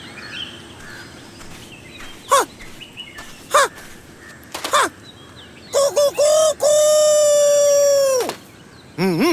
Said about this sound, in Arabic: كفاك إزعاجا أيها الديك، ألا يمكننا أن نرتاح قليلا في هذا المكان؟ أصمت أيها الطاووس الكسول، أصمت، إنني أؤدي واجبي، أنبه سيد هذه الأرض خليل الله إلى بداية يوم جديد.